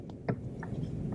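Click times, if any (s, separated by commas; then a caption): 0.3 s. A steel valve adjustment shim is slipped into the tappet bucket of a BMW M3 E36 engine and pressed with the fingers. Faint ticks come at 0.1, 0.6 and 1.1 seconds, but the strongest sharp click at 0.3 seconds is the shim popping into place. The shim is seated in the bucket.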